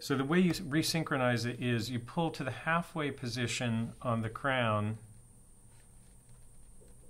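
Someone talks about the crown of a 1990 Swatch Chrono quartz chronograph wristwatch, which is being pulled out along its stem toward the halfway setting position to resynchronize it. The talking runs for about five seconds, followed by quiet low-level background noise. Nothing has clicked into a detent position yet.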